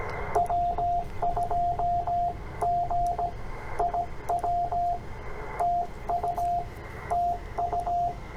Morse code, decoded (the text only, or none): W2GIW TU TU